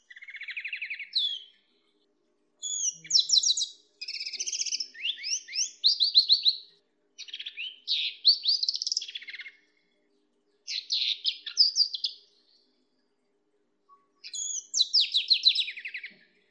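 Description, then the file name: Greenfinch x canary hybrid song of trilled phrases and sweeping whistles, coming in separate bursts with short pauses between. "hibrid greenfinch kenari omkicau"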